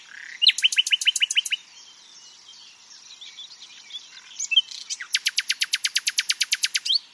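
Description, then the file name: Common nightingale song with a short rapid rattle of repeated notes, soft varied twitters, then a long, very even series of loud clicking notes. "Luscinia megarhynchos"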